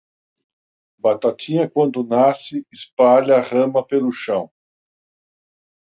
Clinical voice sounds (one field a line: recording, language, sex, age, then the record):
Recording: short text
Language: Brazilian Portuguese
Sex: male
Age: 50 to 59 years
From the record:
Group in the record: control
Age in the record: 58 years